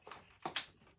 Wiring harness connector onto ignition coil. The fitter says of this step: We'll wait to hear the click.